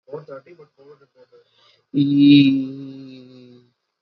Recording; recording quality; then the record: sustained vowel as in beet; excellent, no background noise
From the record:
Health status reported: COVID-19 positive, mild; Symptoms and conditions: none ticked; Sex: male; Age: 30 years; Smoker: not ticked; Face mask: not worn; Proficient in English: yes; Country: India